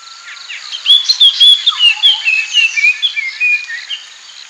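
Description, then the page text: Puff-throated babbler song: a rapid run of clear whistled notes that falls in pitch overall, with a few lower short notes. "Puff-Throated Babbler Song. Quick Sounds library"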